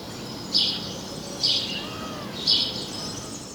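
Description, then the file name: House sparrow giving three loud, scratchy chirps about one second apart against a soft background hiss. "Passer domesticus"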